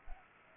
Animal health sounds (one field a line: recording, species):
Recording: mosquito wingbeat signal from an infrared sensor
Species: Culex pipiens